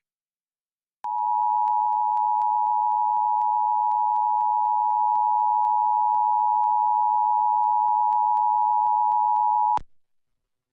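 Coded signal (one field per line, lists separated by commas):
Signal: Emergency Alert System (SAME) tones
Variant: 853 and 960 Hz attention tone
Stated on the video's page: California Amber Alert tones relayed on AM broadcast radio via IPAWS and via NOAA Weather Radio in Los Angeles County.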